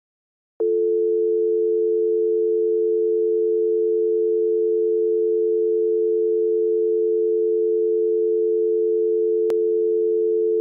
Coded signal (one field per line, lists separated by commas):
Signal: telephone call progress tone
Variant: North America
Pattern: dial tone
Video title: Sound | Technology | Telephone Dial Tone